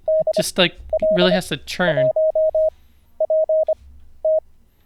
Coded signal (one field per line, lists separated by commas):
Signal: Morse code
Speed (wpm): 25 wpm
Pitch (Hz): 630 Hz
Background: speech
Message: DL1PT